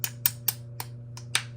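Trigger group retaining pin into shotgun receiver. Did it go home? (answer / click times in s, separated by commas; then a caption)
no / none. A metal trigger group retaining pin is tapped back into the receiver of a Browning Gold 10 gauge shotgun after the trigger group goes back in. Five light, sharp taps land at about 0.0, 0.3, 0.5, 0.8 and 1.4 seconds over a steady low hum. The pin has not yet seated or clicked home.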